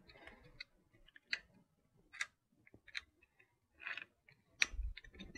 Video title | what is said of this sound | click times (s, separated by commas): Quincy QP5 Compressor - HOW TO - Hour Meter Install | what i was looking for is that little click | 4.6 s